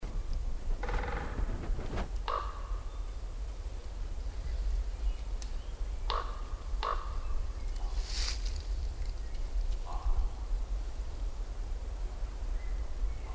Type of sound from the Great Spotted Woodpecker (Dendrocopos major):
drumming